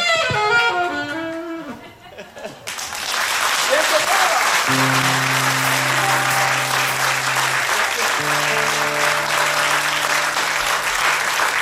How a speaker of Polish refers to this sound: wielkie brawa.